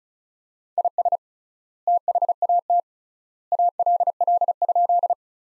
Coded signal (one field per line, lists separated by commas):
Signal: Morse code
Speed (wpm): 34 wpm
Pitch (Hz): 700 Hz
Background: none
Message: IS THAT ALL?